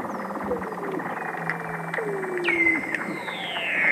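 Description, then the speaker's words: Weddell seal underwater song: long descending and gliding whistled tones, a sharp downward sweep settling into a steady high note, over a buzz of clicks and crackling. Underwater hydrophone recording through a hole in sea ice near Scott Base, Antarctica, breeding area; space-like, bird-like and jungle-like song with background clicks and crackling probably from snapping shrimps. "All of those sounds, the space sounds, those bird calls, jungle sounds, everything is seal song."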